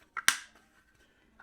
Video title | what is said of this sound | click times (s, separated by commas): LED Grow Lights for Indoor Plants Full Spectrum, HAARAY 3-Head Desk Plant L | like for like and snap into place | 0.3 s